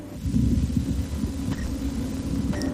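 Continuous low rumbling with irregular soft gurgles and a couple of faint clicks over about three seconds, heard through a stethoscope on an adult woman's abdomen. These are stomach sounds from ordinary gut activity.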